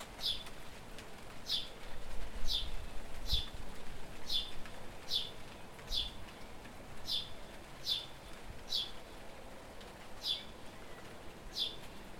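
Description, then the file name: House sparrow repeating a sharp single chirp many times, with a low rumbling background throughout. "Passer domesticus"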